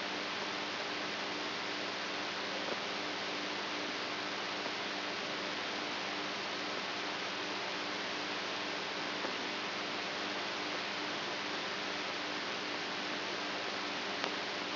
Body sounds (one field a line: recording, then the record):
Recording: brain microelectrode recording played as sound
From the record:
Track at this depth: outside the subthalamic nucleus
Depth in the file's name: 5.71 mm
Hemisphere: right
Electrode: 3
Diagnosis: Parkinson's disease